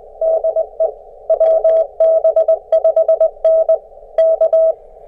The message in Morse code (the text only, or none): DE WB5N K